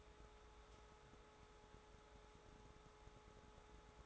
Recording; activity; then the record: daily activity, microphone in the room; take from stove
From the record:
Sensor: 3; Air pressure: 1010.3 hPa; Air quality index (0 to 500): 166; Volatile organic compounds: 9 ppm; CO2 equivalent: 2164 ppm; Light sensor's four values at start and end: 49/122/54/60 and 49/122/54/60